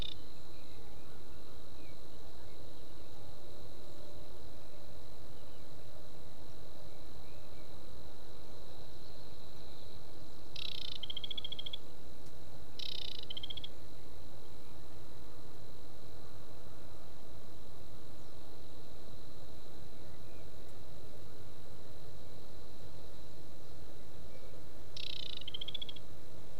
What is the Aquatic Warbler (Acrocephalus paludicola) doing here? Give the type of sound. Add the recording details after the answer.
song. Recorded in the wild. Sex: male. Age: adult. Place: Schwedt, Unteres Odertal, Brandenburg, DE. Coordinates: 53.05, 14.3. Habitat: wet meadow. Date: 2024-06-16 21:10. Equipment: Wildlife Acoustics SM4. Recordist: Frommolt, Karl-Heinz